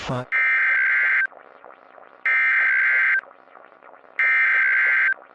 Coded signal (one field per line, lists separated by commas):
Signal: Emergency Alert System (SAME) tones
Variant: header bursts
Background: speech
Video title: EAS Scenario: The Great South Blizzard